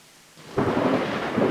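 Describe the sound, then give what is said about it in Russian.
Rain and thunder surge in after a brief hush: a loud, steady hiss of falling rain over a deep rolling rumble that holds without pause until the end, with no voices. “3 всадника на черных, как ночь, лошадях, и, похоже, дождь совершенно не доставляет им беспокойства.”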